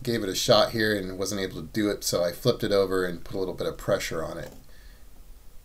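Someone talks while handling a tight press-fit part that goes into a hole in a printed classifier base; it was too tight to push in by hand, so the assembly has been flipped over and the part's smooth side is being pressed into the hole. The speech runs to about 4.6 s, followed by quiet, faint low-level noise to the end. Nothing has snapped into place or seated yet.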